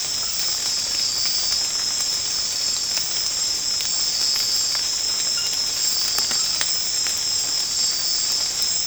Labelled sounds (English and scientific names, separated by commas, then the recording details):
none
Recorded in secondary vegetation near Puerto Asís, Putumayo, Colombia, on 8 March 2025 at 03:30
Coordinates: 0.485, -76.322
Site G040